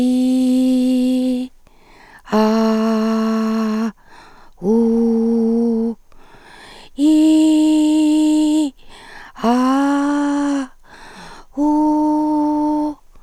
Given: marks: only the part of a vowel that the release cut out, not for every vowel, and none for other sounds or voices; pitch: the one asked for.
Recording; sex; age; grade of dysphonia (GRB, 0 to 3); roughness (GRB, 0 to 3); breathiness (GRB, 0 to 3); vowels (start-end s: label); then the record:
sustained vowels; female; 50 to 59 years; 1; 1; 1
0.00-1.32 s: vowel /i/, normal pitch
2.37-3.82 s: vowel /a/, normal pitch
4.70-5.86 s: vowel /u/, normal pitch
7.07-8.59 s: vowel /i/, high pitch
9.47-10.56 s: vowel /a/, high pitch
11.64-12.86 s: vowel /u/, high pitch
From the record:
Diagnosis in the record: recurrent laryngeal nerve paralysis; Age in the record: 58 years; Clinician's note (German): Strumiprive re nach Schilddrüsentumorresektion